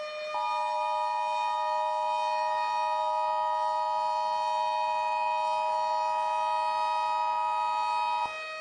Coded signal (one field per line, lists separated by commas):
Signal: Emergency Alert System (SAME) tones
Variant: 853 and 960 Hz attention tone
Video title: EAS Scenario Tornado Alley’s Secret